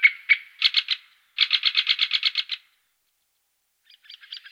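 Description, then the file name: Great spotted woodpecker giving sharp notes, a few single calls, then a longer quick chattering burst, a pause, and softer calls. "dendrocopos major"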